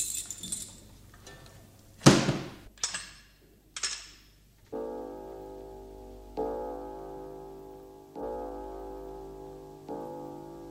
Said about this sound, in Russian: Ну, закрывайте дверь